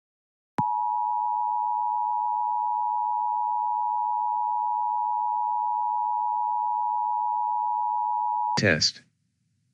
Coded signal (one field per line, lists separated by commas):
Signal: Emergency Alert System (SAME) tones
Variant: 853 and 960 Hz attention tone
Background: speech